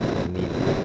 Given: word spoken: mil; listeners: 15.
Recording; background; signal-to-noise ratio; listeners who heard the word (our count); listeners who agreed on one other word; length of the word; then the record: one Spanish word in noise, from a listening test; noise modulated by three-talker babble; -3.5 dB; 0 of 15; 7 of 15; 0.45 s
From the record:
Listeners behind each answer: 7, 2, 1, 1, 1, 1, 1, 1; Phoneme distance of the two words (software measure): 27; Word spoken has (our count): 1 syllable, 3 phonemes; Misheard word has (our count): 2 syllables, 4 phonemes, stress on syllable 1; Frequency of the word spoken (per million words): 228.33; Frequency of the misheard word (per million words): 178.01